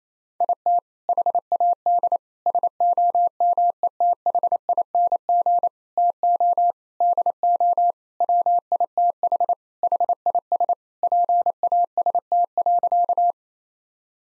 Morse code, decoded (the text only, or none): IT HAD SOMETHING TO DO WITH HIS PAST.